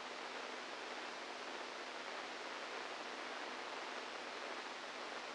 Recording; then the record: brain microelectrode recording played as sound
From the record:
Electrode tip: outside the subthalamic nucleus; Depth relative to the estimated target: -4 mm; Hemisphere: right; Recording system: NeuroSet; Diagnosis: Parkinson's disease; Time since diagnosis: 8 years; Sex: male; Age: 46 years